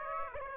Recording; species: mosquito wingbeat signal from an infrared sensor; Aedes aegypti